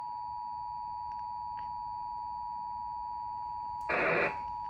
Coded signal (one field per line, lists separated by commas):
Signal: Emergency Alert System (SAME) tones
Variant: 853 and 960 Hz attention tone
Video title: Another emergency alert system sumsung tv tornado warning ⚠️